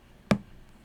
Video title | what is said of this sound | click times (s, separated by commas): How to refill the Pentel Futayaku Double-Sided Pen | There, I heard a click. | 0.3 s